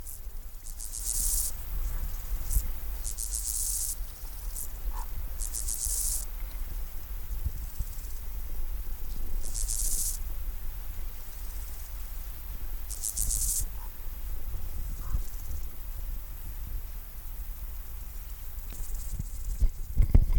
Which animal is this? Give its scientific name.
Chorthippus dorsatus